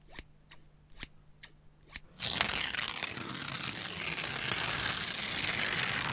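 Scissors cut letters out of a magazine in five sharp, evenly spaced clicks, then a loud, continuous crackling rasp of the magazine paper being cut and handled fills the rest, with no voices.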